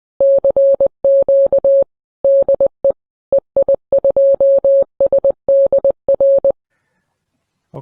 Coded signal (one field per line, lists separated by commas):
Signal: Morse code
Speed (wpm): 20 wpm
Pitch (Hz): 550 Hz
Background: none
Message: CQ DE EI2SDR